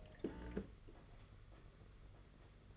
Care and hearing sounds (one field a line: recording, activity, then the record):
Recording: daily activity, microphone in the room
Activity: typing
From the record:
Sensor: 4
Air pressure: 992.6 hPa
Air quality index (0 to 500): 137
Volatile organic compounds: 62 ppm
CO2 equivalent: 3435 ppm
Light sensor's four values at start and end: 19/66/24/25 and 19/66/24/25